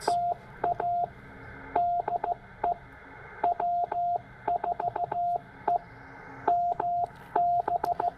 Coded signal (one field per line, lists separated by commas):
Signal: Morse code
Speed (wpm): 16 wpm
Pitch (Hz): 700 Hz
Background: radio noise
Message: TA DE W4EMB